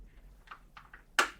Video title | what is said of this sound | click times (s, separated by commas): Arai Defiant Helmet Review from SportbikeTrackGear.com | and you can hear that real positive click | 1.2 s